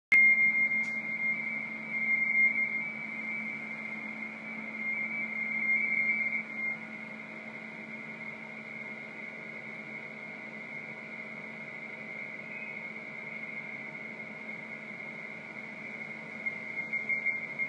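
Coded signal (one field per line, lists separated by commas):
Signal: RTTY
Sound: steady warbling two-tone chatter near 2 kHz, continuous, over a low hum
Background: radio static, hum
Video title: S21ZBC 17m RTTY op. IZ2GNQ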